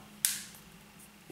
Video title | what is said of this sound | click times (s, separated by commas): Homtom HT10 en test pour Tomtop | clic tout va bien | 0.2 s